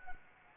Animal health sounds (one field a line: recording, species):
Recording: mosquito wingbeat signal from an infrared sensor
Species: Anopheles arabiensis